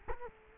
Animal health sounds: mosquito wingbeat signal from an infrared sensor; Culex quinquefasciatus

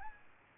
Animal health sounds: mosquito wingbeat signal from an infrared sensor; Aedes albopictus

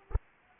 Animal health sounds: mosquito wingbeat signal from an infrared sensor; Anopheles arabiensis

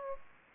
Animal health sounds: mosquito wingbeat signal from an infrared sensor; Aedes aegypti

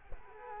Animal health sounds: mosquito wingbeat signal from an infrared sensor; Culex quinquefasciatus

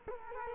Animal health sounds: mosquito wingbeat signal from an infrared sensor; Culex quinquefasciatus

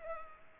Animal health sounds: mosquito wingbeat signal from an infrared sensor; Culex pipiens

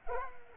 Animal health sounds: mosquito wingbeat signal from an infrared sensor; Culex pipiens

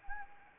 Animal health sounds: mosquito wingbeat signal from an infrared sensor; Anopheles arabiensis

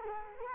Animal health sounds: mosquito wingbeat signal from an infrared sensor; Culex quinquefasciatus

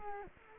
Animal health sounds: mosquito wingbeat signal from an infrared sensor; Culex quinquefasciatus

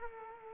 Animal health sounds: mosquito wingbeat signal from an infrared sensor; Culex quinquefasciatus

